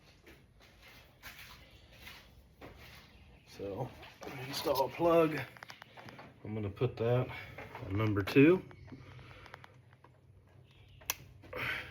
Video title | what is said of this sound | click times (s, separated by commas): 1984 bullnose plugs and wires replaced! | Hear that nice, good click. | 11.1 s